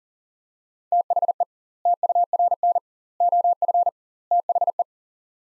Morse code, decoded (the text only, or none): THE TURN OF THE